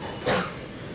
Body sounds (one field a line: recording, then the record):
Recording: coughing mixed with background sound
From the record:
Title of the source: Barking cough - # 10